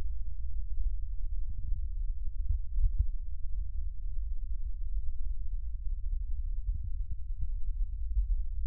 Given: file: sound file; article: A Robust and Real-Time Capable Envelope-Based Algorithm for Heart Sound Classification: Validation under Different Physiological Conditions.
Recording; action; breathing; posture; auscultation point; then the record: heart sounds by electronic stethoscope; rest; normal; sitting; centre of the back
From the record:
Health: healthy, no known heart disease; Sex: male